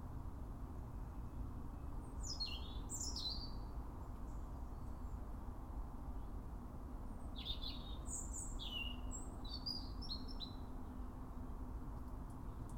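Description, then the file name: European robin song, two faint bursts of high, thin descending notes and squeaky whistles over a steady background hiss. "Erithacus rubecula"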